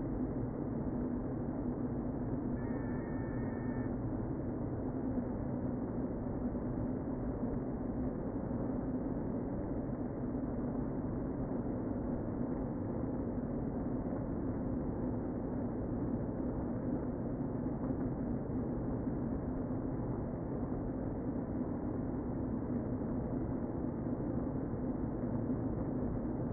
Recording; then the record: honeybee colony, microphone inside the hive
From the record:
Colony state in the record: queen present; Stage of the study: before two queens were removed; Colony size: about 60,000 bees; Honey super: yes